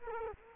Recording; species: mosquito wingbeat signal from an infrared sensor; Culex quinquefasciatus